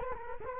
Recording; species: mosquito wingbeat signal from an infrared sensor; Culex quinquefasciatus